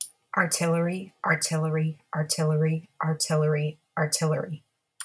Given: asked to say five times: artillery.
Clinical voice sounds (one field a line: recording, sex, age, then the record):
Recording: repeated word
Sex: female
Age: 30 to 39 years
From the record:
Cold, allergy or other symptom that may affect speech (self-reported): no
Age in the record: 38 years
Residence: Florida, United States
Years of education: 18